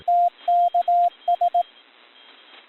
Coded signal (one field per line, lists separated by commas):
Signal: Morse code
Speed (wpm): 18 wpm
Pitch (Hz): 700 Hz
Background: radio noise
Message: TKS